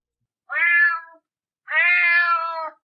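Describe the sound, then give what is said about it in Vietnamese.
A large black cat meows twice in clear, drawn-out calls, the second longer and slightly higher, with a brief silence between them and no other sounds. “Một con mèo đen to lớn đi ngang qua chỗ Thạnh.”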